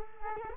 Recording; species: mosquito wingbeat signal from an infrared sensor; Culex quinquefasciatus